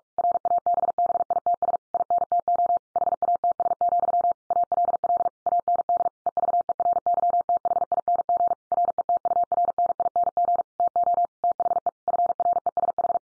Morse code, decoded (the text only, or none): RABBITS INTO HATS, ALL AND EVERYTHING RETURNING TO THE FRESH